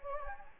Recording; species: mosquito wingbeat signal from an infrared sensor; Anopheles gambiae